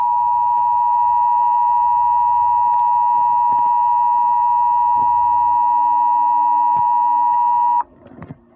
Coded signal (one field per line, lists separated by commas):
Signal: Emergency Alert System (SAME) tones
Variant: 853 and 960 Hz attention tone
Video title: EAS Mini Scenario: the Life stranger